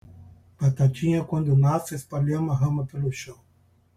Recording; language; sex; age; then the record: short text; Brazilian Portuguese; male; 60 to 69 years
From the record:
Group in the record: control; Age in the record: 64 years